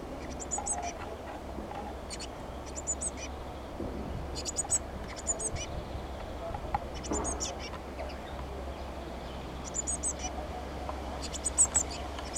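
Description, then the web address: Eurasian blue tit: brief clusters of high, thin notes that come in irregular bursts every one to two seconds against a quiet background hum. "SETE data Cyanistes caeruleus"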